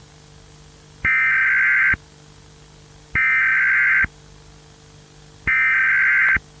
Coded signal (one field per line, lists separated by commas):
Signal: Emergency Alert System (SAME) tones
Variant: header bursts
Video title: EAS - Missing Children's Incident - 1987